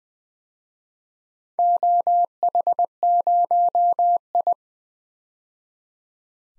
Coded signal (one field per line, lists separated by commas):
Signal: Morse code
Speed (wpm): 20 wpm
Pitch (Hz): 700 Hz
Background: none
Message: OH0I